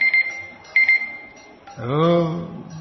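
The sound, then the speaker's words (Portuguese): A timer alarm beeps twice, short high-pitched electronic tones about a second apart, before a man's voice starts speaking. “Temporizador, perturbador.”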